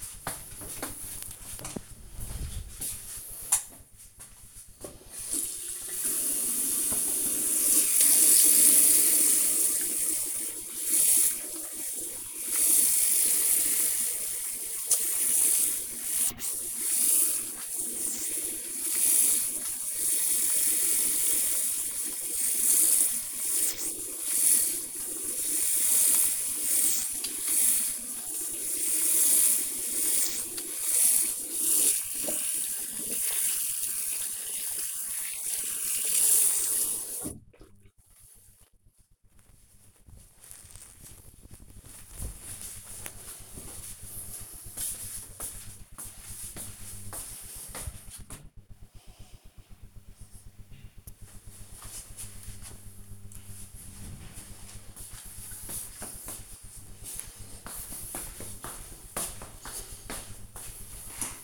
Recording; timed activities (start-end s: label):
household activities, microphone on the right wrist
5.19-37.35 s: washing hands